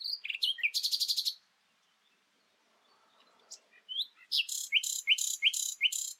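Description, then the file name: Common nightingale song: a few whistled notes and a fast buzzy trill, a pause of about two seconds, then a string of rising whistled notes each followed by a harsh burst. "Luscinia megarhynchos"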